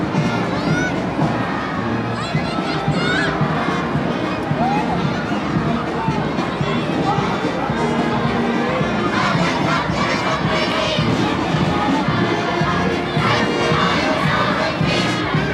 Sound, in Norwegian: jublende barnetog og korps